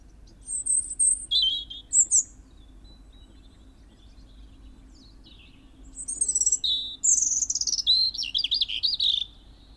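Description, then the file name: European robin song in two bursts: high sweet whistles and tinkling notes, a pause of several seconds, then a longer phrase of rising and falling warbled trills. "Erithacus rubecula"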